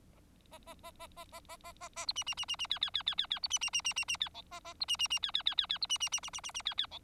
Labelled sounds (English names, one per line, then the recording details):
Bengalese Finch song
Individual Bird4